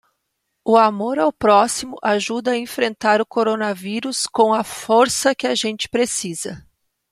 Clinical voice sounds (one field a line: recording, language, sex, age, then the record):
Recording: spoken sentence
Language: Brazilian Portuguese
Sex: female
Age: 40 to 49 years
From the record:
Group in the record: control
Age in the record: 41 years